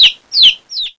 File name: CHICK